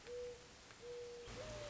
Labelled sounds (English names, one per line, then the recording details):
Mourning Dove
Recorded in Sonoma County, California